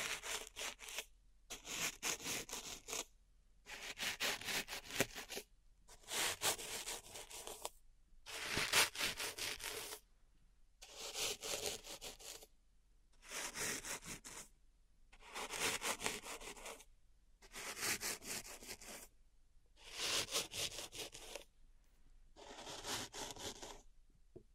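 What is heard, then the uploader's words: Pink salt in a small zen garden is raked in slow, even strokes, each a gritty, crisp scrape lasting about a second and a half. About a dozen strokes repeat at a steady pace, with brief quiet gaps between them, bright. ASMR Relaxing Pink Salt Zen Garden Triggers (No Talking).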